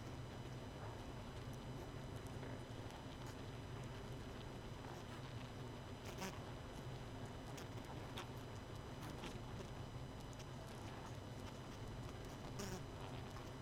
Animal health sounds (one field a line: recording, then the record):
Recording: honeybee colony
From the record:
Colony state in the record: missing queen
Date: 31 May 2018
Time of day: 22:44